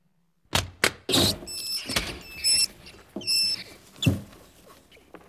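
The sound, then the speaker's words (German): High, thin squeaks chirp repeatedly over a flurry of scrabbling and rustling, as mice scurry about in cages in a laboratory; a few sharper knocks and scratches punctuate the busy patter. “Überall Käfige mit Mäusen.”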